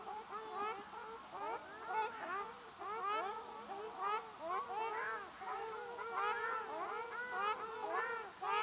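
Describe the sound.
Ruddy shelduck flock calling, many nasal arched honks crowding together in an unbroken babble.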